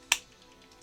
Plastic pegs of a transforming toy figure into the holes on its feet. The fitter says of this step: Press these things in. You hear a click.